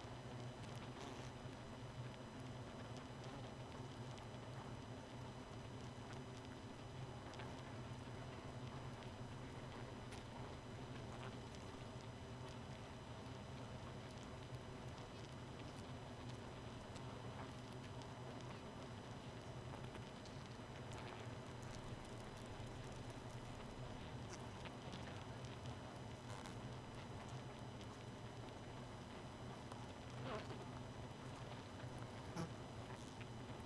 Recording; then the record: honeybee colony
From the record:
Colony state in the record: missing queen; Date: 31 May 2018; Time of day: 0:58